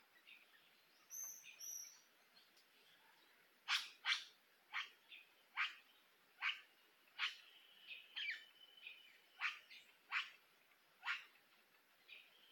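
Tropical forest sound in the Atlantic Forest, with a faint steady high hiss throughout. Early on, two short high whistled notes appear, then from about four seconds a bird repeats sharp, bright chirps roughly once a second until the end.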